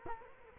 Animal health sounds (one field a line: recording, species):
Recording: mosquito wingbeat signal from an infrared sensor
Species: Culex quinquefasciatus